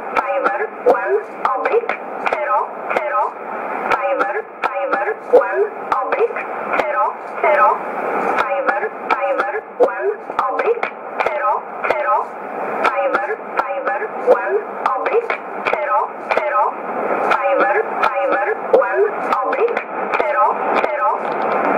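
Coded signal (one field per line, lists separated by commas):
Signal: numbers station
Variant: E11, English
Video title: 25 08 2015 Numbers Station E11 in English 1925 on 11581 USB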